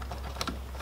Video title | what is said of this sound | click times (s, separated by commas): New Dodge Ram radio replacement kit from Pac Audio the RPK4 CH4101 Beta review and install | this is what's gonna plug into the rp4 snaps right into place like that | 0.4 s